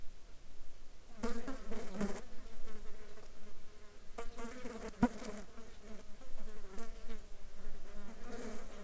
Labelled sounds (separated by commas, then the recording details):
insects
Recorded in the Arctic National Wildlife Refuge, Alaska, on 7 July 2019 at 18:56
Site 35